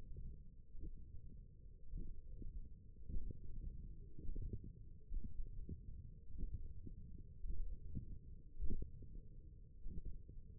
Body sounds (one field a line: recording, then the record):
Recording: forearm muscle sounds (acoustic myography)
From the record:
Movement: index flexion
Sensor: system 1, eight BSWA MPA416 microphones around the upper forearm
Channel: 3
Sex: female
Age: 21 years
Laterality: right